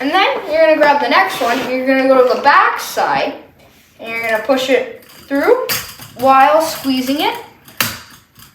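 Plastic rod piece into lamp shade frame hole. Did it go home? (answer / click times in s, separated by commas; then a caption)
yes / 7.8 s. A plastic rod piece threaded on an IKEA Vidja lamp cord is squeezed and pushed through a hole in the lamp shade frame from the back side while someone talks. It clicks into place with a sharp snap at 7.8 s, and the piece is seated.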